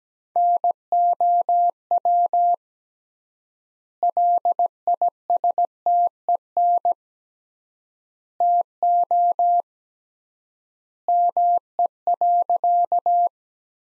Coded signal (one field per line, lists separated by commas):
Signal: Morse code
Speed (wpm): 17 wpm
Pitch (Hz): 700 Hz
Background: none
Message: NOW LISTEN TO ME.